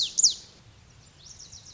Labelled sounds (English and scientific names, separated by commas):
Lazuli Bunting (Passerina amoena)